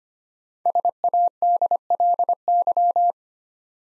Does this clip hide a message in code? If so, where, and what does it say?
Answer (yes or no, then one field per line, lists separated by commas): yes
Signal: Morse code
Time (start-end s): 0.7-3.1 s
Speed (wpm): 25 wpm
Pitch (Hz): 700 Hz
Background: none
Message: SADLY